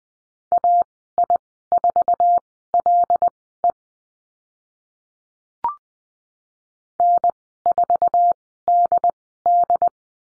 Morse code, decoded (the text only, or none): AI4LE N4DD